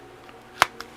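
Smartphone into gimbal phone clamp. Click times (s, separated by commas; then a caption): 0.6 s. A smartphone is placed into the spring clamp of a handheld stabilizer gimbal and pops right in with a sharp, bright click at 0.6 s, after a faint tick around 0.3 s and followed by a smaller click at 0.8 s. The phone is seated in the clamp, ready to be centered and flipped up.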